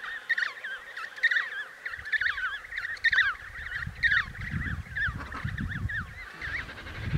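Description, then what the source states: Emperor penguin calls: many overlapping warbling, trumpet-like calls from several birds at once, with a low rumbling noise underneath from the second second onward. Antarctica.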